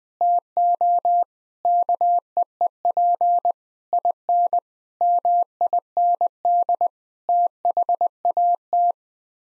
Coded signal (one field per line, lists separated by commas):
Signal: Morse code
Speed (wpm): 21 wpm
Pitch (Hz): 700 Hz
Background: none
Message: TO KEEP IN MIND THAT